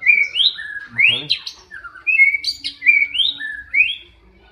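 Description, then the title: Oriental magpie-robin song: clear rising whistles alternating with lower slurred notes, phrases repeated, with a brief burst of harsh chatter about one second in. "kacer"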